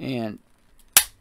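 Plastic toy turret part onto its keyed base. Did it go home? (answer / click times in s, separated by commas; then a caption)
yes / 1.0 s. A plastic toy turret part from a World of Halo Shade Turret is pushed onto its keyed base tab. Someone talks at the start, then the piece snaps home with one sharp, loud click at 0.97 s. The part is seated.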